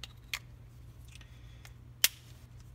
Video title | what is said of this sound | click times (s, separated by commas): Steiner MK3 Battle Light Unboxing | batteries are supposed to go and snaps back into place | 2.0 s